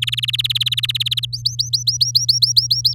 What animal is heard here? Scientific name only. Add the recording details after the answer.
Serinus canaria. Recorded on 9 May 2018 at 11:23. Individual llb16